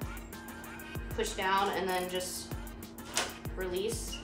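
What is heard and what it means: Someone talks while handling the scissor brake lever on a rigid manual wheelchair wheel, pushing it down toward locking against the tire, with music playing underneath and a few short knocks. Nothing has seated or clicked yet.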